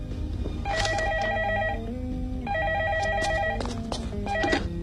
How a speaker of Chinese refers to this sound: 喂，哦，说曹操，曹操来电话了。